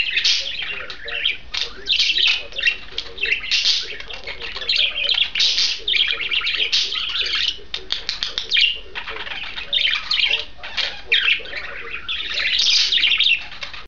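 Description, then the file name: Budgerigars warble steadily, a continuous stream of raspy chirps, clicks and squeaks in short bursts. A pair of budgerigars. "suara pasangan parkit. omkicau"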